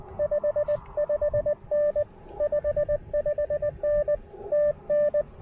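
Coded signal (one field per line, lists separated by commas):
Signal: Morse code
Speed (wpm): 18 wpm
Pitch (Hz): 590 Hz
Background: none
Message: 55N 55N TN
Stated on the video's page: POTA portable QRP activation on the Pamlico Sound with Icom IC-705 transceiver and Elecraft AX1 antenna.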